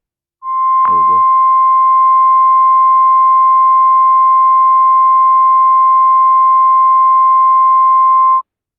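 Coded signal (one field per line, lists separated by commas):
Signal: Emergency Alert System (SAME) tones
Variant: 1050 Hz attention tone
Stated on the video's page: EAS tones generated by an EAS app.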